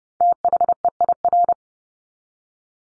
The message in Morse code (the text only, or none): THEIR